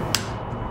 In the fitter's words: You'll hear that click.